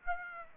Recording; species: mosquito wingbeat signal from an infrared sensor; Aedes aegypti